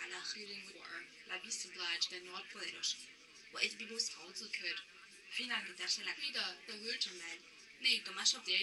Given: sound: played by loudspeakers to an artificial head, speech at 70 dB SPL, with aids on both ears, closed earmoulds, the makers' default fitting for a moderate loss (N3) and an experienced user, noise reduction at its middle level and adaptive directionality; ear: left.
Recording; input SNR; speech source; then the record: speech test signal (ISTS) in cocktail-party noise; +9 dB; on the right (90 degrees)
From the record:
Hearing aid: class 2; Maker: H